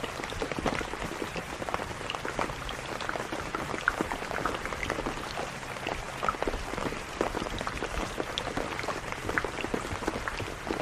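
Rain patters steadily throughout, a dense spray of small taps and drips that never lets up. Sharper individual drops pop out irregularly over a soft, even hiss, with a faint low rumble underneath and no change in intensity.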